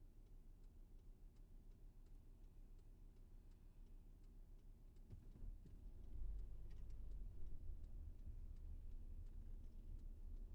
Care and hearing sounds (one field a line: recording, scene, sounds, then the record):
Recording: everyday scene through a hearing-aid microphone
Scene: in a vehicle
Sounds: engine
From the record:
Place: VW T5 Caravelle, diesel engine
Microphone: behind the ear, left, rear